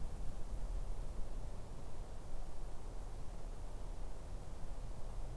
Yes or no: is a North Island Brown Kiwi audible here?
no